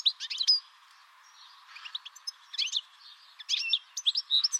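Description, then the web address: Bird calls, short clusters of high chirps and squeaky notes separated by quiet gaps of about a second. "Deverinetal"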